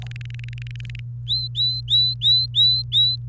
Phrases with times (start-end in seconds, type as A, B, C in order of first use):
0.02-1.00 A, 1.27-3.16 B